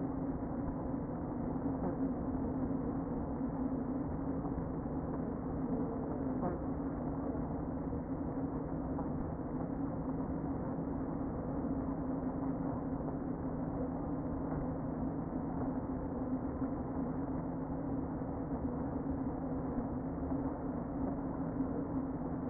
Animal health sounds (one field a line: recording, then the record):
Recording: honeybee colony, microphone inside the hive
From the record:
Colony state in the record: queen present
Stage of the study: before two queens were removed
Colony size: about 60,000 bees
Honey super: yes